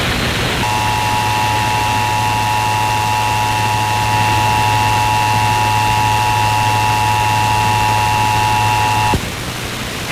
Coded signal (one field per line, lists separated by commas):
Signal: Emergency Alert System (SAME) tones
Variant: 853 and 960 Hz attention tone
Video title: PA RMT (7/21/22)(EAS 1211-1217)